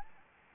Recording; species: mosquito wingbeat signal from an infrared sensor; Anopheles gambiae